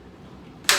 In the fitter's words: up it clicks then